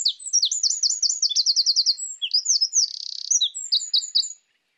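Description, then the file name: Eurasian wren song, already underway, runs through quick repeated high notes, a sweeping trill, a buzzy rattle and final chirps, then falls silent. "Troglodytes troglodytes"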